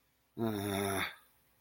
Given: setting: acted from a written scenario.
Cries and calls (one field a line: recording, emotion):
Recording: vocal sound without words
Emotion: sadness